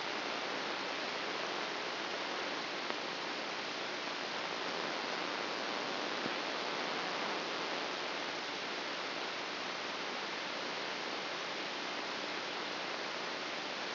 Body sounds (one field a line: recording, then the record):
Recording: brain microelectrode recording played as sound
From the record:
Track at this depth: outside the subthalamic nucleus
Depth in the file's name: 5.002 mm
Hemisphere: left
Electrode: 2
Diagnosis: Parkinson's disease